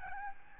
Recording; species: mosquito wingbeat signal from an infrared sensor; Aedes albopictus